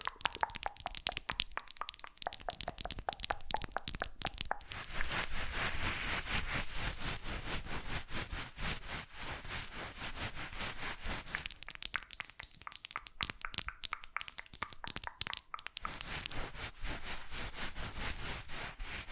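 Fast, unpredictable ASMR triggers: rapid crisp tapping and crinkling clicks that shift in pace and texture. Dense bursts of sharp ticks come and go, with a smoother rustling stretch around 5–11 seconds, and the sharp clicking returns near 12 and 16 seconds.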